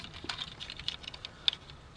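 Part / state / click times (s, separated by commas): small robot figure's legs into the larger figure's cockpit seat / seated / 1.5 s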